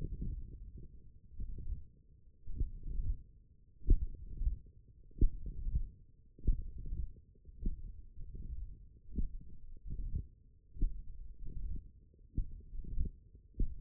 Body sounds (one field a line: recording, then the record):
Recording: forearm muscle sounds (acoustic myography)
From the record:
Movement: hand closing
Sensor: system 1, eight BSWA MPA416 microphones around the upper forearm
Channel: 4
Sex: male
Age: 21 years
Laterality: right